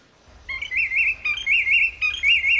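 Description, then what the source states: Willet call: a loud ringing series of rapid wavering whistled phrases, repeated in three bursts with short pauses. Played back as a recording.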